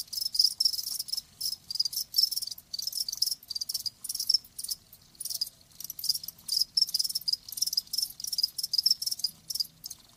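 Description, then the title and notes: Cricket chirping, high trilling bursts in quick succession with brief gaps. Live crickets chirping, a lulling song. "Live Crickets Chirping. Enjoy the lulling song of crickets. RainManCJ"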